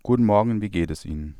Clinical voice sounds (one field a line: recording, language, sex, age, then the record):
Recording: spoken sentence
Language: German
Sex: male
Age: 40 to 49 years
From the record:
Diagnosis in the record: functional dysphonia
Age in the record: 40 years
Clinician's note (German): Tendenz zur "Kontaktpachydermie", asymmetrischer Kehlkopf